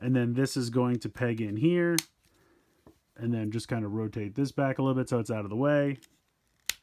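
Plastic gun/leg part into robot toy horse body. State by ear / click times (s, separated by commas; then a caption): seated / 6.7 s. Someone talks while rotating a plastic gun part back and pegging it into the robot toy horse body to become its front legs. After a quiet pause, a sharp click at 6.7 s marks the front leg piece seating into place.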